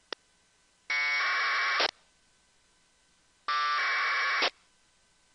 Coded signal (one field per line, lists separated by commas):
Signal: packet radio (AX.25, as in APRS)